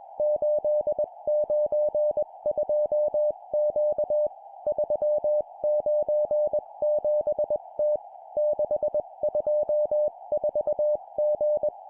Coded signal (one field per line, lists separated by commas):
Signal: Morse code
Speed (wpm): 21 wpm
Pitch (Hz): 600 Hz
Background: none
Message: 892Q 397T 624G